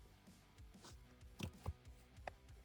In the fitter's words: And now for the super satisfying click, click, click.